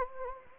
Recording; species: mosquito wingbeat signal from an infrared sensor; Anopheles gambiae